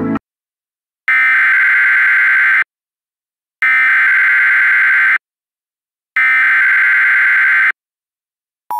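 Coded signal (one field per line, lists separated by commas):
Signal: Emergency Alert System (SAME) tones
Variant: header bursts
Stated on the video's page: Reenactment mock of a real severe thunderstorm warning using valid EAS tones; simulated, not a live broadcast.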